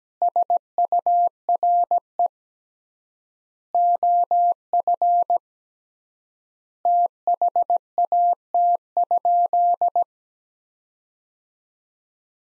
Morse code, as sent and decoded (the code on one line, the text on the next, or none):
... ..- .-. . / --- ..-. / - .... .- - ..--..
SURE OF THAT?